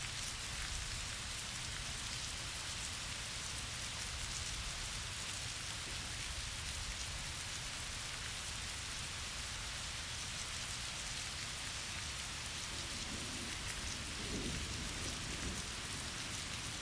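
A storm passing through Indianapolis: steady, dense rain pours without a break for the whole stretch, a bright hiss over a low, rumbling undertone. Near the end, around thirteen to fifteen seconds, a faint low roll rises briefly beneath the downpour.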